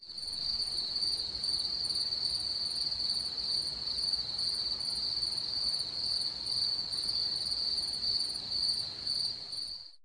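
Crickets trilling in a steady, continuous high-pitched tone, with a fainter higher band above it, unbroken for the full ten seconds.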